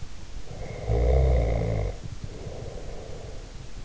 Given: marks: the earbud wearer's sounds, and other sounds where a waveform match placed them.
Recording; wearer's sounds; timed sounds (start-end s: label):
sounds in sleep by an in-ear microphone; snoring breath
0.49-3.68 s: snoring breath